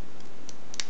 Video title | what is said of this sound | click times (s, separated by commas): Bandai Super Robot Chogokin SRC King of Braves Genesic GaoGaiGar Review | Okay, and you hear a click sound. This means you lock it in properly, and this is how the wings | 0.8 s